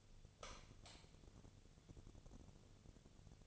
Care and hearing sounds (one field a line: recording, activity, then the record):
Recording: daily activity, microphone in the room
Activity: light on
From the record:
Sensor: 4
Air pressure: 1000.9 hPa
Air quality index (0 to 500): 124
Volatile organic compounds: 1 ppm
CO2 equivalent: 933 ppm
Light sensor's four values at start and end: 33/80/33/36 and 35/89/37/40